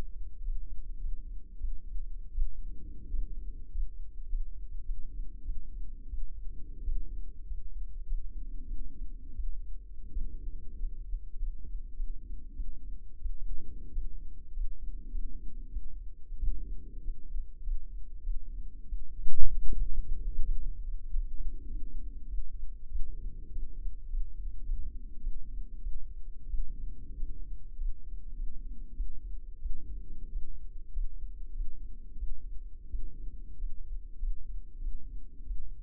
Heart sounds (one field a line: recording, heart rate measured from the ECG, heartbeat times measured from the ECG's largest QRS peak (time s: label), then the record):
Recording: heart sounds by microphone in the left ear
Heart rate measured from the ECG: 94 bpm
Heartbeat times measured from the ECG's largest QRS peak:
0.42 s: heartbeat
0.98 s: heartbeat
1.57 s: heartbeat
2.31 s: heartbeat
3.08 s: heartbeat
3.70 s: heartbeat
4.27 s: heartbeat
4.83 s: heartbeat
5.42 s: heartbeat
6.07 s: heartbeat
6.81 s: heartbeat
7.45 s: heartbeat
8.05 s: heartbeat
8.65 s: heartbeat
9.32 s: heartbeat
10.10 s: heartbeat
10.77 s: heartbeat
11.37 s: heartbeat
11.94 s: heartbeat
12.53 s: heartbeat
13.18 s: heartbeat
13.90 s: heartbeat
14.51 s: heartbeat
15.09 s: heartbeat
15.69 s: heartbeat
16.36 s: heartbeat
17.02 s: heartbeat
17.61 s: heartbeat
18.21 s: heartbeat
18.86 s: heartbeat
19.74 s: heartbeat
20.45 s: heartbeat
21.08 s: heartbeat
21.67 s: heartbeat
22.26 s: heartbeat
22.88 s: heartbeat
23.50 s: heartbeat
24.07 s: heartbeat
24.63 s: heartbeat
25.20 s: heartbeat
25.80 s: heartbeat
26.46 s: heartbeat
27.15 s: heartbeat
27.75 s: heartbeat
28.34 s: heartbeat
28.93 s: heartbeat
29.58 s: heartbeat
30.29 s: heartbeat
30.91 s: heartbeat
31.51 s: heartbeat
32.15 s: heartbeat
32.87 s: heartbeat
33.56 s: heartbeat
34.17 s: heartbeat
34.78 s: heartbeat
35.43 s: heartbeat
From the record:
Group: healthy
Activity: rest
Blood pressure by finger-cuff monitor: 129/89 mmHg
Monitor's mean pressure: 101 mmHg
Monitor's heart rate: 96 bpm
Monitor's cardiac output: 6.7 L/min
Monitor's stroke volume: 71 mL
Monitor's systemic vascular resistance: 1110 dyn s/cm5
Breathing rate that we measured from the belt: 18 breaths a minute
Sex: male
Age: 21 years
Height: 180 cm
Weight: 67.5 kg